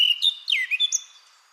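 Eurasian blackcap song phrase, a few clear fluty whistles, one sliding down and back up, ending abruptly after about a second.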